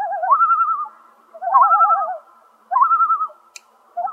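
Common loon tremolo: three bursts of fast, warbling, laughing notes, each pairing a low wavering tone with a higher one, separated by short pauses, with a fourth burst starting at the end.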